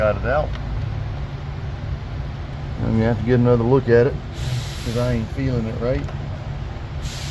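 A wiring harness connector is handled at the alternator of a 2016 Chrysler 200 whose alternator is not charging, over a steady low rumble with bursts of hiss. Someone talks in between, and the plug is being re-seated because it did not feel right. Nothing has seated or clicked yet.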